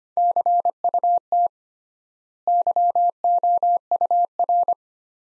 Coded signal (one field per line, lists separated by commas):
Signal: Morse code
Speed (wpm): 25 wpm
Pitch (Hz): 700 Hz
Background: none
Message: CUT YOUR